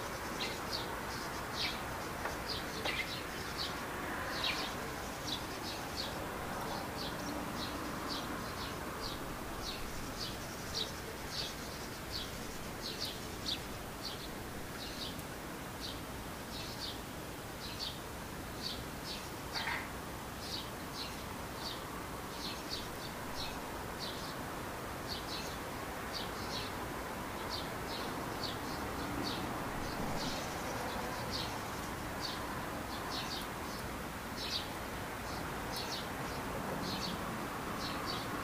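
Birds call over a steady bed of low rumbling noise. Short, bright chirps repeat at a fast, fairly regular pace throughout the whole stretch, with a few louder calls standing out around the middle. The background hum stays even and dense from start to finish.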